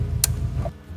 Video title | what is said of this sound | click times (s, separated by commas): M340i (G20) Visconti Tuning Flex Fuel Kit Install! | push it in get a nice click | 0.2 s